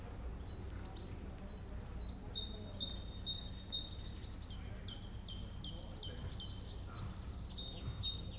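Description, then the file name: Birds chirping, many short high notes and rapid twittering phrases overlapping throughout, with steady low background rumble. In a park. "Birds Chirping In The Park"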